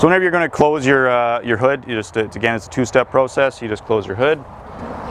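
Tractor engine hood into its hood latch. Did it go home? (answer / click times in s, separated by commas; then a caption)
no / none. Someone talks while handling the engine hood of a sub-compact tractor as it is brought down toward its hood latch in a two-step closing process. Speech fills most of the clip, with faint background noise at the end. Nothing has seated or clicked yet; the clip ends just before the hood latches.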